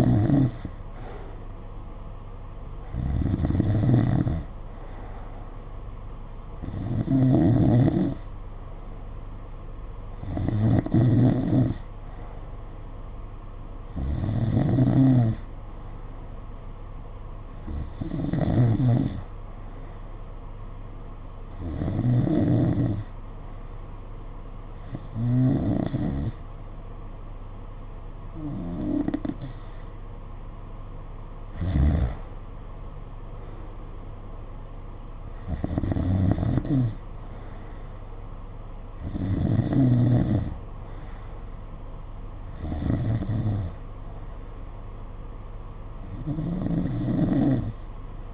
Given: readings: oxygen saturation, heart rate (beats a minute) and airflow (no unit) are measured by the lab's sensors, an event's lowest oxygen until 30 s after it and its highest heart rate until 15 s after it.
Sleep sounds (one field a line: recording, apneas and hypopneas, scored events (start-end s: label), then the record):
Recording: breathing in sleep by a smartphone at the bedside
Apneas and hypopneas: 1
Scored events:
20.00-33.40 s: hypopnea (N2, oxygen 92% highest, then 91% lowest, heart rate 53 at the start, 57 highest)
From the record:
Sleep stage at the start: N2 (light sleep)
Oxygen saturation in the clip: 91 to 92%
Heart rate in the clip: 52 to 59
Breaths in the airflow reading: 14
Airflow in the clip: -8.5 to 8.1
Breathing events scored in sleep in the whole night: 476 in 9.7 hours asleep